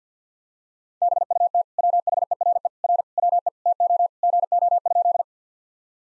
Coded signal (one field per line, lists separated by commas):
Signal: Morse code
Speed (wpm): 48 wpm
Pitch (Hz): 700 Hz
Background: none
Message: BUT WHERE R WE TO GO?